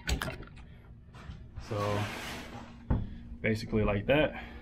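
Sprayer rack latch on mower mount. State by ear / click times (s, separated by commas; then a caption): not seated / none. A sprayer rack on a mower mount is handled and pushed down toward its latch as someone talks, with a few sharp knocks near the start and a louder thump around 2.9 s. The clip ends before the part goes home; nothing has seated or clicked yet.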